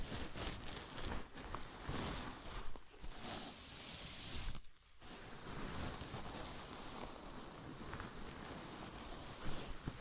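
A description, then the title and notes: A scalp massage: dense, rustling friction as fingers rub and scratch through hair, continuous and fairly even with small surges. The rubbing briefly thins around three seconds and pauses almost completely near the five-second mark before resuming at a steady pace. ASMR Sleepy Scalp Massage (No Talking).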